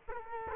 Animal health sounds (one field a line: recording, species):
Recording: mosquito wingbeat signal from an infrared sensor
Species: Culex quinquefasciatus